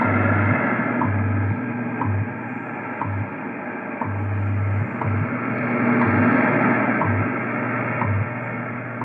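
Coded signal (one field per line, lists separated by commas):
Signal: radio time signal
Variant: WWV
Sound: sharp ticks once per second, about 9, over hiss with low pulsing hum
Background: radio static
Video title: WWV SIGNAL ON THE YAESU FT-2000 AND RECEIVING FADE FROM GRAYLING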